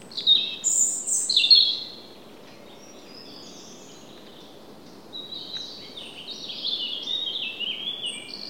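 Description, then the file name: European robin singing a high, tinkling phrase of mixed whistles and trills, a quiet gap, then a longer warbled phrase, with soft constant hiss beneath. "Erithacus rubecula"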